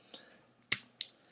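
The slide stop pin of a steel Springfield Range Officer 1911 pistol is pulled straight out of the frame after the button on the other side is pushed flush. A sharp click at 0.7 s marks the pin coming free, caused by the safety and slide rail interacting. A second bright click follows at 1.0 s, with a faint tick near 0.1 s.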